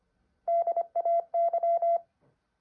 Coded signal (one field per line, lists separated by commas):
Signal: Morse code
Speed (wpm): 25 wpm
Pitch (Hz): 680 Hz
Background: none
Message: DAY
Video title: How to practice Morse code